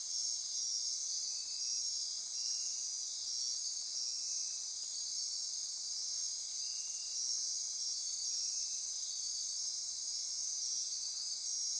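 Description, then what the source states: Insects sing as one dense high chorus, a ringing drone with soft pulsed trills beneath. Insect chorus recorded at midnight near Corcovado.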